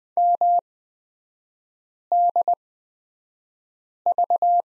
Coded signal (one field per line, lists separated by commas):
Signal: Morse code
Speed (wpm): 20 wpm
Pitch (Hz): 700 Hz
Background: none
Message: MDV